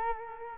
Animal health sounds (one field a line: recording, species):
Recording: mosquito wingbeat signal from an infrared sensor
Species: Culex quinquefasciatus